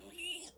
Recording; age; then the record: pig call; piglet (1 to 25 days)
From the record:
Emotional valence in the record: negative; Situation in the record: restrain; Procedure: sham castration, cut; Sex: male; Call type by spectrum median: high-frequency call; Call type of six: high-frequency stable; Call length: 0.58 s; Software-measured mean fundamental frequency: 125 Hz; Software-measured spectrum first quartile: 2553 Hz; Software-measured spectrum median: 3229 Hz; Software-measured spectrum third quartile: 7975 Hz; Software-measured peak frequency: 2915 Hz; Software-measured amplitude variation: 130 dB a second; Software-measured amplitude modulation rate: 18.2 a second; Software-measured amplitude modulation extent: 7.2 dB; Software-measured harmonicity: 7.5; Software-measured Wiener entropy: -3.09